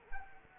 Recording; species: mosquito wingbeat signal from an infrared sensor; Culex quinquefasciatus